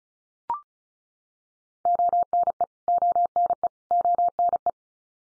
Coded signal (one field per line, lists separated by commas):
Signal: Morse code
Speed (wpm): 34 wpm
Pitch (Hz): 700 Hz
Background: none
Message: ONE ONE ONE